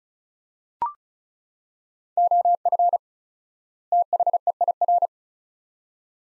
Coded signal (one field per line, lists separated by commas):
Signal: Morse code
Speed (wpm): 36 wpm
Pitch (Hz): 700 Hz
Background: none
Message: OF THEIR